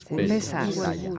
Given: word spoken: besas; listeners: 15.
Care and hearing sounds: one Spanish word in noise, from a listening test; four-talker babble; -1.0 dB; 0 of 15; 11 of 15; 0.78 s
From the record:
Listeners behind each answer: 11, 1, 1, 1, 1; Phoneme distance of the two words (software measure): 10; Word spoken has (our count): 2 syllables, 5 phonemes, stress on syllable 1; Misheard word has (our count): 2 syllables, 5 phonemes, stress on syllable 1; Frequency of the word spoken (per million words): 0.21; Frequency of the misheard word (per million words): 21.95

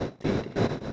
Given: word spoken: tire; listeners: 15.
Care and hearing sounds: one Spanish word in noise, from a listening test; noise modulated by one talker; -8.6 dB; 2 of 15; 7 of 15; 0.53 s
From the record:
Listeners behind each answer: 7, 2, 1, 1, 1, 1, 1, 1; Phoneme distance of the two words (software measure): 7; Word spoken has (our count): 2 syllables, 4 phonemes, stress on syllable 1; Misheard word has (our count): 2 syllables, 5 phonemes, stress on syllable 1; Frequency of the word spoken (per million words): 1.69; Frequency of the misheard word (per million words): 9.75

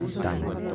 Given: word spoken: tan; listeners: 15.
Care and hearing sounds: one Spanish word in noise, from a listening test; eight-talker babble; 0.5 dB; 0 of 15; 6 of 15; 0.35 s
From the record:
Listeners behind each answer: 6, 2, 2, 2, 1, 1, 1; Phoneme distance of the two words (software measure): 24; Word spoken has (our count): 1 syllable, 3 phonemes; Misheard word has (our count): 2 syllables, 5 phonemes, stress on syllable 1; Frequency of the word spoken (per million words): 737.23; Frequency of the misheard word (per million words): 9.47

